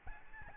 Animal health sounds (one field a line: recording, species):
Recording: mosquito wingbeat signal from an infrared sensor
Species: Aedes albopictus